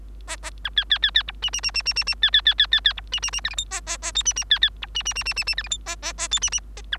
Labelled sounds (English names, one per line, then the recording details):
Bengalese Finch song
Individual Bird3